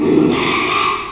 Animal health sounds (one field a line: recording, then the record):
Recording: squeal of a Yucatan mini pig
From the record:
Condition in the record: after surgery on the right vocal fold (resection and tissue-engineered implant)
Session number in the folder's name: 1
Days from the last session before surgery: 6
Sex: male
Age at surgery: 12 weeks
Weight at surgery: 13 kg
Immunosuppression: cyclosporine, prednisolone